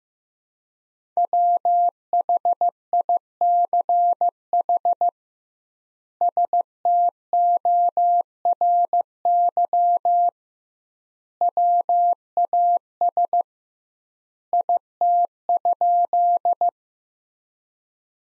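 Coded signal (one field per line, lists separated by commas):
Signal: Morse code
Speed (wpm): 15 wpm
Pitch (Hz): 700 Hz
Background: none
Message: WHICH STORY WAS IT?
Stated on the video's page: Practice sentences from the top 300 words at 15 wpm with double word spacing, a word-based variant of Farnsworth spacing.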